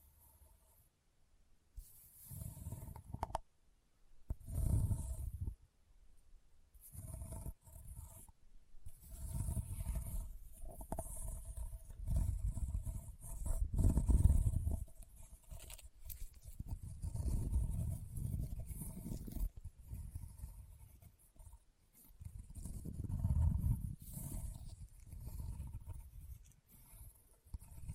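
Leather being tapped and scratched in uneven bursts, with short silent gaps around the 2, 4 and 7 second marks. The rubbing comes as low, dense scrapes with a soft hiss on top, swelling and fading every second or two, with louder strokes near 14 and 23 seconds.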